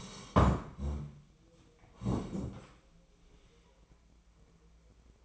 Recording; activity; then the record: daily activity, microphone in the room; sit down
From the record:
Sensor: 1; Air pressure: 1012.3 hPa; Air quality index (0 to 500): 173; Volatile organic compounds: 3 ppm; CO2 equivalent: 1418 ppm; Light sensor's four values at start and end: 46/123/50/62 and 45/121/49/60